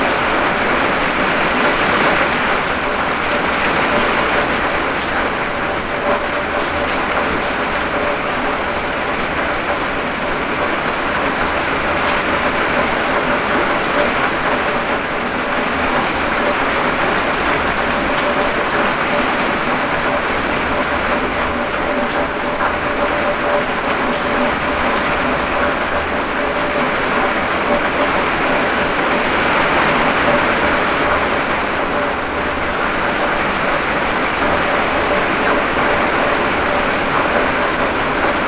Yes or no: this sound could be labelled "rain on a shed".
yes